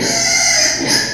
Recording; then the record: squeal of a Yucatan mini pig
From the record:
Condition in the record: before surgery on the right vocal fold (resection and tissue-engineered implant); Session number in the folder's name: 2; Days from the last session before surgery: 0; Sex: male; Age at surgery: 12 weeks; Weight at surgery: 13 kg